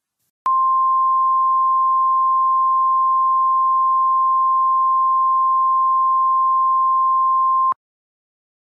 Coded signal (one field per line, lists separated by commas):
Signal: Emergency Alert System (SAME) tones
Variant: 1050 Hz attention tone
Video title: EAS Scenario #18 Pink Hurricane